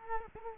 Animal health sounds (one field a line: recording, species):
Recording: mosquito wingbeat signal from an infrared sensor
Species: Culex quinquefasciatus